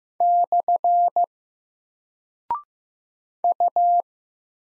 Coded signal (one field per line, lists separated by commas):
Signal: Morse code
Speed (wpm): 15 wpm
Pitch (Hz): 700 Hz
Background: none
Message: / U